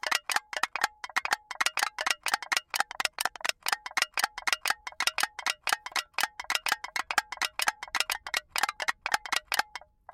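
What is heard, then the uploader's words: Empty aluminum cans are handled in a quick, steady run of sharp metallic clicks and clinks, about four or five per second, for the whole stretch. Each hit is bright and tinny with a short ring, and there is little else behind it. I recorded the sounds Enrico produced from manipulating empty aluminum cans. On the crest of a hill we found an almost anechoic slope, populated by dense tall grass. We wanted the recording to be “pure” – as dry and close up as possible.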